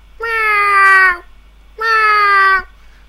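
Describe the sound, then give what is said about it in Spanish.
A person imitates a cat with two drawn-out, loud meows, each about a second long with a steady, slightly falling pitch, separated by a brief pause. “Es suficiente para este maullido.”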